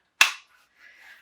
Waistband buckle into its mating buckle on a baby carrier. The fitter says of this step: and then listen for that very satisfying click